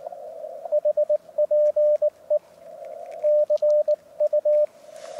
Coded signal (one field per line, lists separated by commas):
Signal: Morse code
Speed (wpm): 18 wpm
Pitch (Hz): 600 Hz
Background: radio noise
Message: HPE CU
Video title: お昼休み 河川敷プチ移動運用(その2) 上岡沙織さん JP7VEA局とCW交信 CQ ham radio CW運用 入門編 連載中 15WPM 2022/02/09 アマチュア無線 VLOG 47